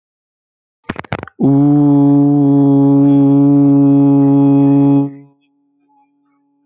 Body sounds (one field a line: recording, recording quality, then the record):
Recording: sustained vowel as in boot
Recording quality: excellent, no background noise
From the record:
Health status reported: healthy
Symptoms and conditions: hypertension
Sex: male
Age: 27 years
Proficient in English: yes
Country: India